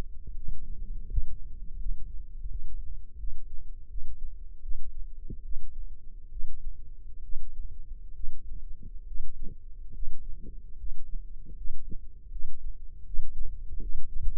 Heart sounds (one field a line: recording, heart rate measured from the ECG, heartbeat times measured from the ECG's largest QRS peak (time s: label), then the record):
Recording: heart sounds by microphone in the left ear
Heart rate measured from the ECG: 76 bpm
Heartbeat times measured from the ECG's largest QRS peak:
0.34 s: heartbeat
1.08 s: heartbeat
1.79 s: heartbeat
2.48 s: heartbeat
3.18 s: heartbeat
3.88 s: heartbeat
4.61 s: heartbeat
5.43 s: heartbeat
6.30 s: heartbeat
7.22 s: heartbeat
8.14 s: heartbeat
9.05 s: heartbeat
9.93 s: heartbeat
10.76 s: heartbeat
11.55 s: heartbeat
12.30 s: heartbeat
13.04 s: heartbeat
13.80 s: heartbeat
From the record:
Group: healthy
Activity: rest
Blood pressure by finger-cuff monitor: 172/112 mmHg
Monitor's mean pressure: 129 mmHg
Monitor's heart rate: 77 bpm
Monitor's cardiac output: 5.3 L/min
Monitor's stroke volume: 70 mL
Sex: male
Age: 35 years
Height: 178 cm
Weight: 64 kg